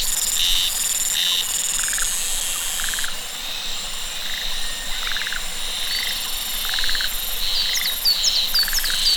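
Shrill cicada buzzes come in on-off bursts, pause for a few seconds, then resume, with scattered short croaks and a few quick chirps near the end.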